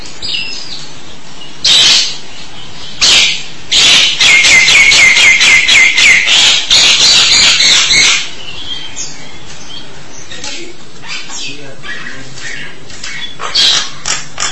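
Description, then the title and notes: Starling song with a fast run of repeated buzzy notes from about four to eight seconds, two separate squawks before it, then quieter sounds. "suara burung jalak"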